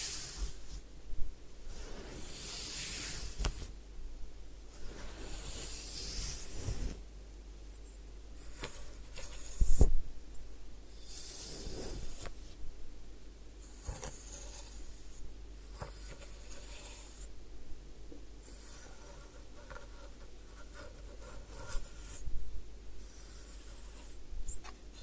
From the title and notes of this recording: Head Spa Hair Wash, Massage, Ear Cleaning (No Talking).